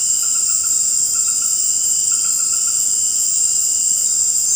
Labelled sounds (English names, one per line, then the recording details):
none
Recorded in dense forest near Puerto Asís, Putumayo, Colombia, on 19 March 2025 at 18:30
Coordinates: 0.500, -76.322
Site GP06